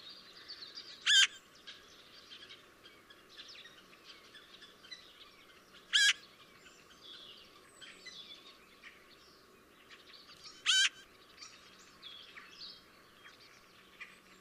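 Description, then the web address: Eurasian magpie uttering single rasping calls roughly every five seconds, with soft chirps from other birds behind. "SETE Pica pica"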